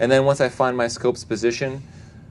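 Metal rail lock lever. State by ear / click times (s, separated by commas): not seated / none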